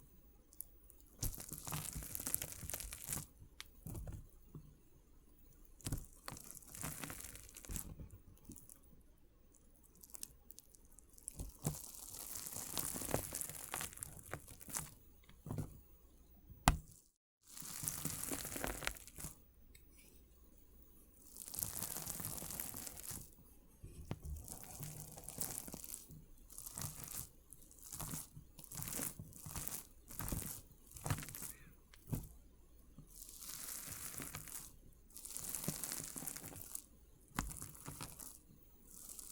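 Water beads being crushed and squeezed make bursts of wet crunching and crackling that come and go irregularly across the whole clip. Dense, bright crackle alternates with quieter gaps, and a sharp click followed by a brief near-silence falls around seventeen seconds.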